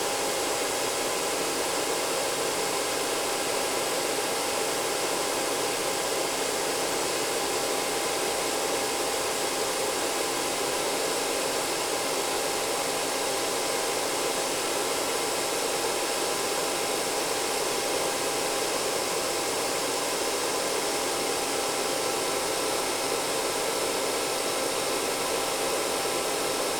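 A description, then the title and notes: A hairdryer runs without pause, a steady, dense whoosh of rushing air with a faint constant whine sitting inside it. The sound is even from start to finish, bright and airy above, with almost nothing in the low end and no other sounds. The calming cocoon of a cosy bedroom, where the soft hum of a hairdryer becomes a lullaby.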